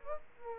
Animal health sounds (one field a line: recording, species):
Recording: mosquito wingbeat signal from an infrared sensor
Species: Aedes aegypti